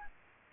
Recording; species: mosquito wingbeat signal from an infrared sensor; Aedes aegypti